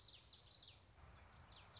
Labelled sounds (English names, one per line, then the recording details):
Common Yellowthroat
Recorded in Sonoma County, California